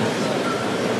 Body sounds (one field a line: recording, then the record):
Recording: background sound without coughing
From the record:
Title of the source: Office Sounds Ambience - Background Noise for Study and Work